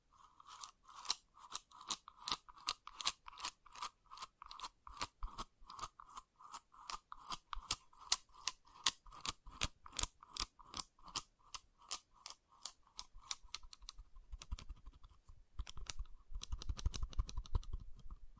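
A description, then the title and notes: Crisp wooden clicks tap in a fast, steady rhythm, giving way near the end to a denser, rougher rubbing scrape. ASMR Calming Wood Triggers for Sleep (No Talking).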